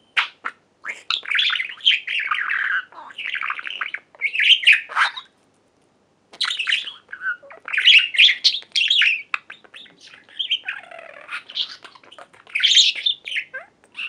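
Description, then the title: Budgerigar chatter, a nearly continuous stream of scratchy warbles and squeaks broken by one short silence. "Budgie Sounds"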